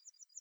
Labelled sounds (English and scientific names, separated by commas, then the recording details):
Yellowhammer (Emberiza citrinella) song
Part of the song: start
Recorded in the Czech Republic on 12 June 2012
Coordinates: 49.107, 15.164
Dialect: B?
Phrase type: C14
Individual 299727